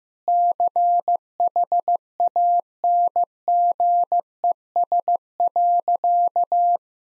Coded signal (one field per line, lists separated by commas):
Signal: Morse code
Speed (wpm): 16 wpm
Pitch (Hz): 700 Hz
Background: none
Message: CHANGES.